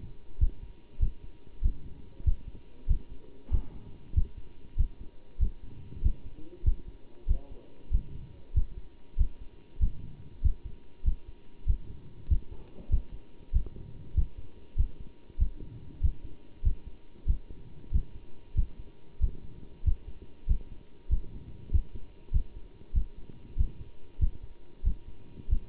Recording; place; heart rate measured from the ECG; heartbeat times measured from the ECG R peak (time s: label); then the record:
heart sounds by stethoscope; between the tricuspid and mitral areas; 96 bpm
0.40 s: heartbeat
1.00 s: heartbeat
1.62 s: heartbeat
2.25 s: heartbeat
2.88 s: heartbeat
3.51 s: heartbeat
4.15 s: heartbeat
4.77 s: heartbeat
5.40 s: heartbeat
6.03 s: heartbeat
6.65 s: heartbeat
7.28 s: heartbeat
7.91 s: heartbeat
8.55 s: heartbeat
9.18 s: heartbeat
9.80 s: heartbeat
10.43 s: heartbeat
11.05 s: heartbeat
11.67 s: heartbeat
12.29 s: heartbeat
12.90 s: heartbeat
13.53 s: heartbeat
14.15 s: heartbeat
14.77 s: heartbeat
15.39 s: heartbeat
16.02 s: heartbeat
16.64 s: heartbeat
17.27 s: heartbeat
17.92 s: heartbeat
18.56 s: heartbeat
19.21 s: heartbeat
19.85 s: heartbeat
20.48 s: heartbeat
21.10 s: heartbeat
21.72 s: heartbeat
22.32 s: heartbeat
22.94 s: heartbeat
23.57 s: heartbeat
24.20 s: heartbeat
24.84 s: heartbeat
25.49 s: heartbeat
From the record:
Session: bicycle stress test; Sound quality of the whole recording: good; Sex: male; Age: 27 years